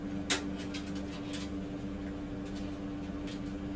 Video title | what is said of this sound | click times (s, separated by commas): Intel i9 PC Build Live Stream!! | There you go. It snaps right in. | 0.3 s